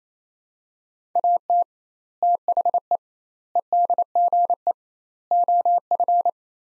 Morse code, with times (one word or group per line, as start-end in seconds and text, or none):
1.2-1.6 AT
2.2-3.0 THE
3.6-4.7 EDGE
5.3-6.3 OF